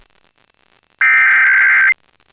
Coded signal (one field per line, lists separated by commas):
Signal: Emergency Alert System (SAME) tones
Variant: header bursts